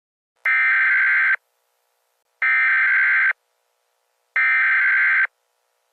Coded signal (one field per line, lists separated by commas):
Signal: Emergency Alert System (SAME) tones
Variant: header bursts